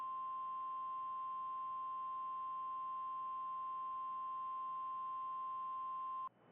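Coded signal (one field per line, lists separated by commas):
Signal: Emergency Alert System (SAME) tones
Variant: 1050 Hz attention tone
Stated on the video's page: Mock EAS alert, not a real broadcast.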